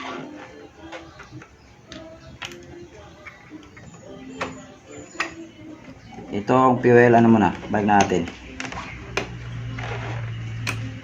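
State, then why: Seated. On a Raider FI 150 being reassembled after a fuel filter replacement, the fuel line connector lock is pushed back onto the fuel pump sender outlet. Someone talks over background music and small taps and handling noises. The lock clicks into place at 9.2 s and is seated.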